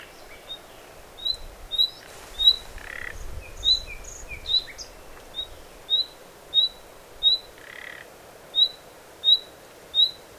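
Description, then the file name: Common nightingale giving short upslurred whistled calls, repeated about every two-thirds of a second, with a few scratchy notes and rasping sounds in between. "Luscinia megarhynchos"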